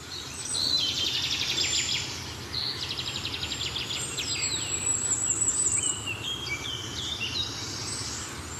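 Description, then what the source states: Wood warbler song: high, dry notes speeding into a shivering trill, given twice in quick succession, with other high bird calls and a low traffic hum underneath. Singing behind the recordist, with road noise audible.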